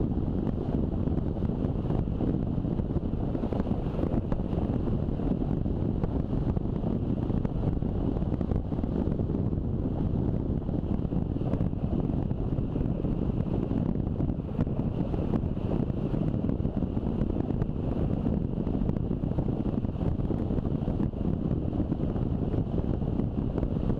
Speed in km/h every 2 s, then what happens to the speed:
30, 30, 29, 31, 30, 30, 30, 30, 31, 32, 33, 33.
0-24 steady at about 30.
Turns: none.